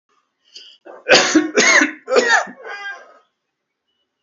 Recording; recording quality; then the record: heavy voluntary cough; moderate, slight background noise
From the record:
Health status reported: healthy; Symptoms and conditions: none ticked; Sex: male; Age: 60 years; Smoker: not ticked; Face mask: not worn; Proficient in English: yes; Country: India